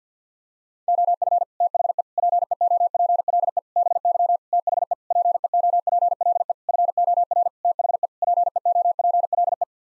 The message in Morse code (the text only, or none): OF THE PEOPLE BY THE PEOPLE FOR THE PEOPLE